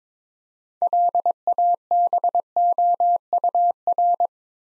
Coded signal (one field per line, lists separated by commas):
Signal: Morse code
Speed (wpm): 22 wpm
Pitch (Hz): 700 Hz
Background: none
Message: LABOUR